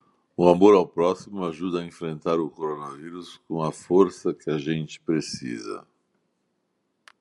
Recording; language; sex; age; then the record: spoken sentence; Brazilian Portuguese; male; 60 to 69 years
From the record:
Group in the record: control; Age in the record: 65 years